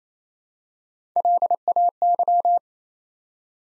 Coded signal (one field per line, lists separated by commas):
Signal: Morse code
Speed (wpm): 28 wpm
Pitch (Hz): 700 Hz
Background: none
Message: LAY